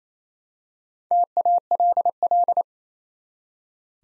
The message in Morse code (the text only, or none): TALL